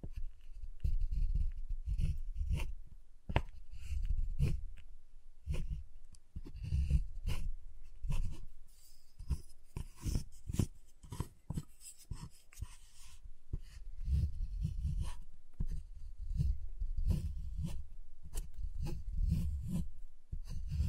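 Tapping and cutting on a giant chocolate bar, with sharp snaps and clicks coming in quick, uneven bursts throughout. A soft low thudding runs underneath many of the hits, and the pace rarely pauses for more than a moment.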